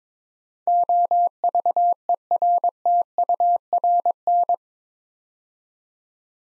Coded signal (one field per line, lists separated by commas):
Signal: Morse code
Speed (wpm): 22 wpm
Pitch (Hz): 700 Hz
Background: none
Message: OVERTURN